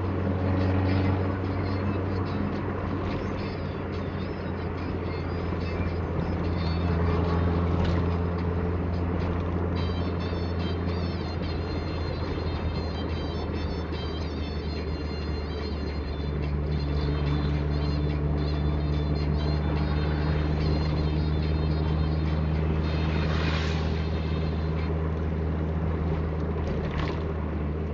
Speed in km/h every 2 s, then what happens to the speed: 59, 57, 56, 57, 56, 53, 50, 48, 49, 50, 52, 52, 51, 49.
0-8 steady at about 57. 8-13 slows to 48. 13-28 steady at about 50.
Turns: none.